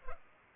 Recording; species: mosquito wingbeat signal from an infrared sensor; Culex pipiens